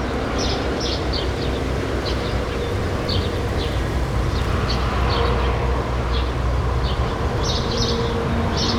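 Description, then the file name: Sparrows chirping, short bright chirps repeated irregularly throughout over a constant low rumble of traffic-like noise. "True sparrows"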